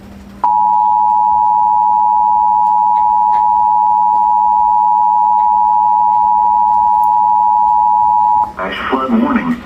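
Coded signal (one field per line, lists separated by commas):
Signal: Emergency Alert System (SAME) tones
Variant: 853 and 960 Hz attention tone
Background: speech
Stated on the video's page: Flash Flood Warning received both on a WR-120 weather radio from WXM66 and on cable TV.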